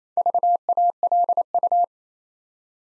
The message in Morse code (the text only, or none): VALU